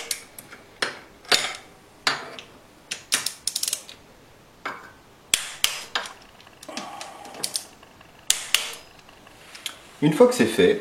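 A torque wrench tightens the remaining screws on an engine cover to 11 Nm, with ratcheting strokes throughout the clip. The wrench gives sharp click pairs at its set torque at about 5.3 s and 8.3 s, confirming the screws are torqued. Someone talks near the end.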